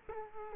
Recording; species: mosquito wingbeat signal from an infrared sensor; Culex quinquefasciatus